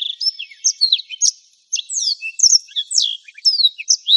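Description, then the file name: Black-throated canary: blackthroat song of rapid slurred whistles and sharp chirps, one short pause partway through, then more tumbling high notes. "suara burung blackthroat"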